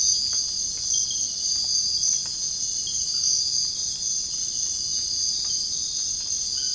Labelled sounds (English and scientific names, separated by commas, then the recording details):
none
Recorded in dense forest near Puerto Asís, Putumayo, Colombia, on 21 February 2024 at 05:00
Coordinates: 0.485, -76.325
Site G6429